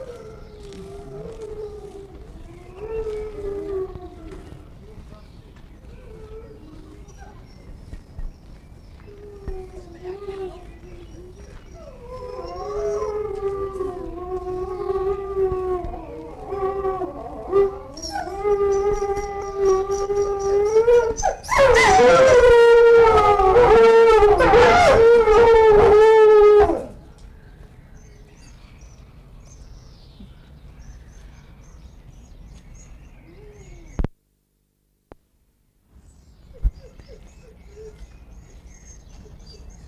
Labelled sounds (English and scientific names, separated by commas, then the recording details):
Gray Wolf (Canis lupus)
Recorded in captivity
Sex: pair
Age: adult
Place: Zoo Berlin, Berlin, DE
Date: 1959-05-08 19:00
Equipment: Reporter (Vollspur)
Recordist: Tembrock, Günter